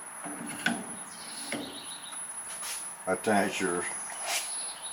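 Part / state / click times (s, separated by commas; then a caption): measuring rod into measuring arm / seated / 0.7 s. The C measuring rod is inserted into the measuring arm of an Allvis Connect 3-D computerized measuring system, and its spring check ball pops it into place with a sharp click at 0.7 s. Someone talks over a faint, steady high-pitched tone and low background noise. The rod is seated in the arm.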